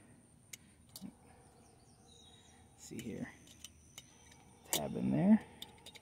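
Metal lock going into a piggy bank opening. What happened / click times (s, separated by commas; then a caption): The small metal lock is handled but not yet pushed home / none. A metal lock, just picked, is handled by its tab and guided back into the opening of an antique piggy bank, with a few brief faint taps while someone talks. Nothing has seated or clicked into place yet.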